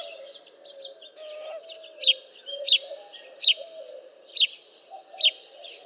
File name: Passer domesticus